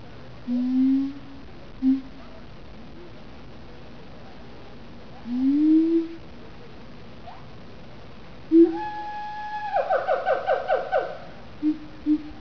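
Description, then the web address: Siamang song: low rising hooted notes with pauses, then a loud burst of rapid, harmonically rich barking notes repeated several times before short hoots return. "siamang song"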